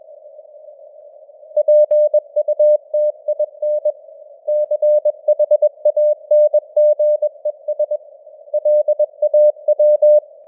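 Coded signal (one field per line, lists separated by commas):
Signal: Morse code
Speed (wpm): 21 wpm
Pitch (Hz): 600 Hz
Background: none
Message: PUTIN CHANGES LAW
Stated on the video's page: News headlines sent at 21 wpm with simulated radio noise and varying signal strength (QSB); a simulated signal.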